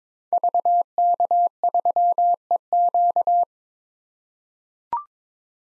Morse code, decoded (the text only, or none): VK3EQ